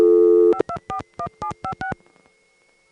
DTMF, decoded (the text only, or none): 5241756